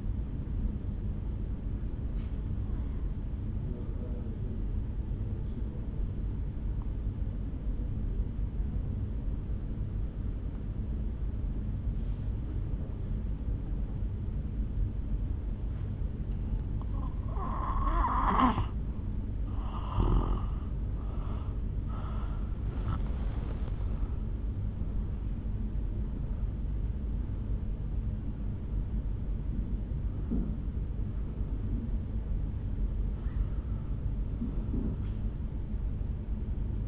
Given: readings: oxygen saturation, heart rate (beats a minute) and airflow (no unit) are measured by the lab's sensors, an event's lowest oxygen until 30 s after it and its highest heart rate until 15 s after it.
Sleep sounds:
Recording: breathing in sleep by a smartphone at the bedside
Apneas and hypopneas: 1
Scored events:
3.00-19.60 s: obstructive apnea (N2, oxygen 95% highest, then 83% lowest, heart rate 53 at the start, 76 highest)
24.00-36.88 s: new sleep stage, N1 (lightest sleep)
From the record:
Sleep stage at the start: N2 (light sleep)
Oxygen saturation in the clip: 85 to 95%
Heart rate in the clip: 52 to 76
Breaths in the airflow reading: 7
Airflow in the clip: -8.5 to 7.3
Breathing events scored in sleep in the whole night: 449 in 7.0 hours asleep

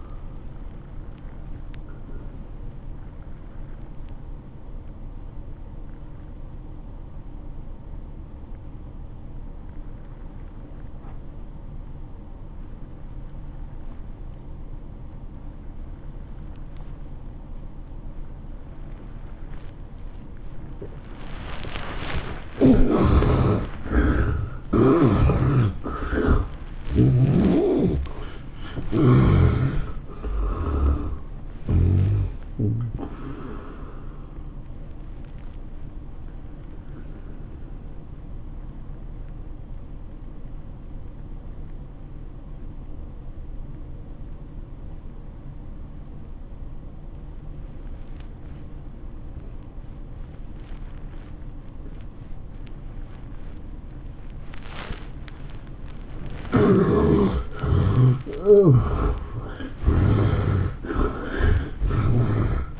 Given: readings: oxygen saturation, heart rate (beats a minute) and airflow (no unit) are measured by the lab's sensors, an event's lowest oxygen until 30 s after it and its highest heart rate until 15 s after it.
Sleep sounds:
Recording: breathing in sleep by a smartphone at the bedside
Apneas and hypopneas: 2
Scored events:
7.00-23.30 s: obstructive apnea (N2, oxygen 93% highest, then 76% lowest, heart rate 95 at the start, 112 highest)
8.00-62.80 s: new sleep stage, N1 (lightest sleep)
38.00-54.30 s: obstructive apnea (N1, oxygen 97% highest, then 75% lowest, heart rate 103 at the start, 110 highest)
From the record:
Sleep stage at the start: N2 (light sleep)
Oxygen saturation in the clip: 71 to 97%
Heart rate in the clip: 92 to 112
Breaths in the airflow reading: 9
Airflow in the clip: -16.4 to 12.8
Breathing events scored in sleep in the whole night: 403 in 5.5 hours asleep

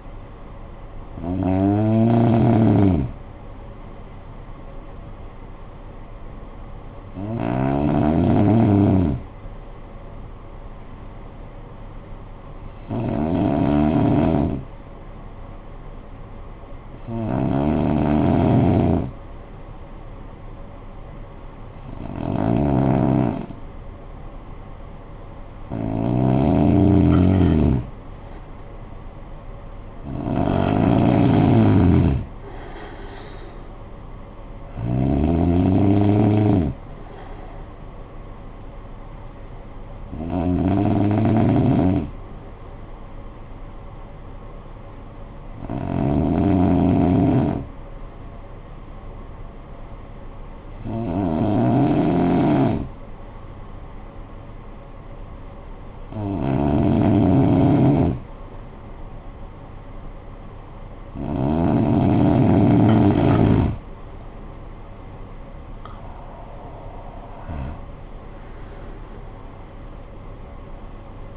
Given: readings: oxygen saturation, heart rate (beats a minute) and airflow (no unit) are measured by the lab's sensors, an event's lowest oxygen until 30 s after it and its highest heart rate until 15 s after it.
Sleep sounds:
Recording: breathing in sleep by a smartphone at the bedside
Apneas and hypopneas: 2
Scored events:
8.00-22.60 s: hypopnea (N2, oxygen 95% highest, then 91% lowest, heart rate 51 at the start, 59 highest)
46.00-59.70 s: hypopnea (N2, oxygen 94% highest, then 91% lowest, heart rate 54 at the start, 68 highest)
From the record:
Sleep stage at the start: N2 (light sleep)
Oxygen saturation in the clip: 91 to 95%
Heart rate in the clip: 50 to 68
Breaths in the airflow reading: 14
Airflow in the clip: -14.7 to 10.6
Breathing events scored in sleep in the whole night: 445 in 7.6 hours asleep

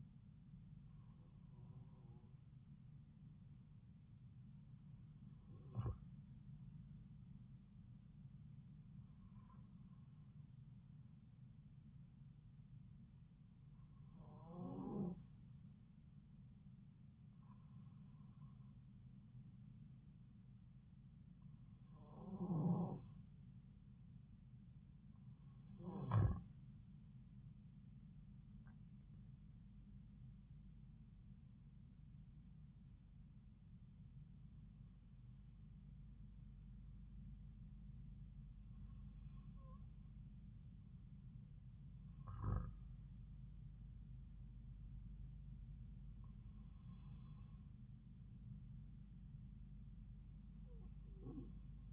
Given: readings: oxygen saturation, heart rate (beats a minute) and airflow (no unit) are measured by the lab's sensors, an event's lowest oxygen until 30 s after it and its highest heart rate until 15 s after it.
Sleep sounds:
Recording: breathing in sleep by a smartphone at the bedside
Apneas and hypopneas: none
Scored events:
none scored
From the record:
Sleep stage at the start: N1 (lightest sleep)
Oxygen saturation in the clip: 93 to 94%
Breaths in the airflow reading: 12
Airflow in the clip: -4.1 to 5.6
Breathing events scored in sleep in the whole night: 270 in 6.1 hours asleep

